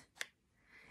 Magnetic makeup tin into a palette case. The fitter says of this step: and it's magnetic so it pops right inside of the palette just like that okay